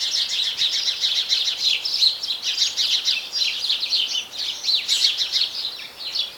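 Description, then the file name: House sparrow chirping: a dense, continuous run of short, bright chirps, about three per second and unevenly spaced, with faint background hiss. "Passer domesticus"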